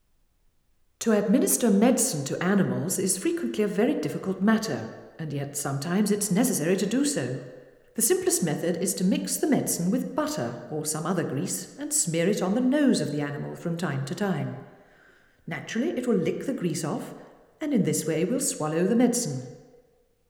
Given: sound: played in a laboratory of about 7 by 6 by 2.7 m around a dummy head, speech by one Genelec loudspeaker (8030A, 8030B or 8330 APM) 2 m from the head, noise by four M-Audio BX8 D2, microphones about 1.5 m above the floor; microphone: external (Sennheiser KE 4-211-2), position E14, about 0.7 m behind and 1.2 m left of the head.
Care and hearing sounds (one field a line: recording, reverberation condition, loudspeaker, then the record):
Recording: female speech in English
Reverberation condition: high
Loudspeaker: 120 degrees to the left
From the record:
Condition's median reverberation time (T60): about 1300 ms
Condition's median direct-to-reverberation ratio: about -4.0 dB